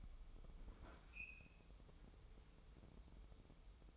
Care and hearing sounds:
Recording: daily activity, microphone in the room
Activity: open fridge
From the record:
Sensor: 1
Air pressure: 988.4 hPa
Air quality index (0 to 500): 199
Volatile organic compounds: 1000 ppm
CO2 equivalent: 5318 ppm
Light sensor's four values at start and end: 26/97/37/38 and 26/97/37/38

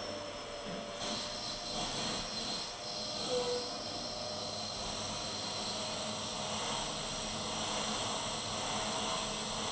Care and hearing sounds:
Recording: daily activity, microphone in the room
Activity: vacuum cleaning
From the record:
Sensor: 4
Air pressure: 1011.1 hPa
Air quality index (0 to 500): 150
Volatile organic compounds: 3 ppm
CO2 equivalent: 1532 ppm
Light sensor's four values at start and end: 91/242/101/106 and 91/242/101/106

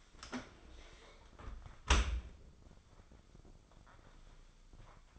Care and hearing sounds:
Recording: daily activity, microphone in the room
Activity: close dishwasher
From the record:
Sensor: 5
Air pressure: 995.8 hPa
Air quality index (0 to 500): 105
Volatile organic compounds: 7 ppm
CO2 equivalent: 2025 ppm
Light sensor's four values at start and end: 41/99/41/43 and 40/96/40/42

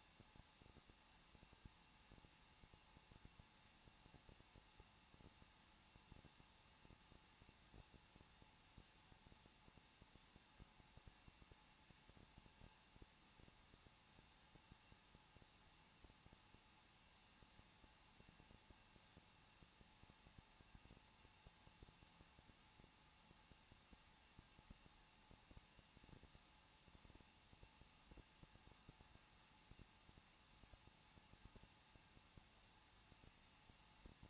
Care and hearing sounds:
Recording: daily activity, microphone in the room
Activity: no activity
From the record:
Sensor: 1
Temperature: 20.1 degrees Celsius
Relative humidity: 39.1%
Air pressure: 1006.4 hPa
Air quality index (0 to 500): 216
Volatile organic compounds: 74 ppm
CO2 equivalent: 3551 ppm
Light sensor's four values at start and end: 1/2/1/1 and 1/2/1/1

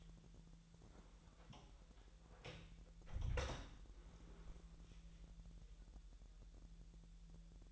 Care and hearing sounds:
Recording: daily activity, microphone in the room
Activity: close door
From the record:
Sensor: 3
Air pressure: 1001.3 hPa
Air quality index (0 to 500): 248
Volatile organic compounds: 163 ppm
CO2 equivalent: 4079 ppm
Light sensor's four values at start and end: 12/29/12/12 and 10/23/9/9

